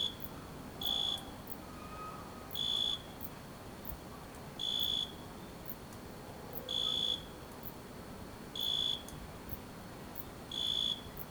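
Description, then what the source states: Cricket chirps: clear, shrill pulsed bursts repeating about every two seconds, fairly evenly spaced, with low background hiss between them. A single cricket at night.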